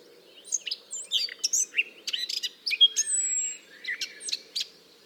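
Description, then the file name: Eurasian blackcap song with quick chattering and whistled notes tumbling together, broken by a long thin high whistle and a faint low hum beneath. "Sylvia atricapilla"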